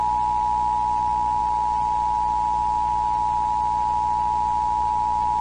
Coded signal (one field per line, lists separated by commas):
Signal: Emergency Alert System (SAME) tones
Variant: 853 and 960 Hz attention tone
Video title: s h r i n k i n g s u n - EAS Scenario